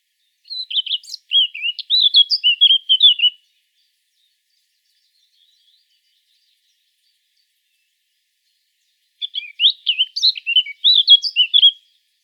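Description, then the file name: Eurasian blackcap song: two rich, fast warbling bouts of about three seconds each, twittering notes jumping up and down, separated by a long silent gap. "Sylvia atricapilla"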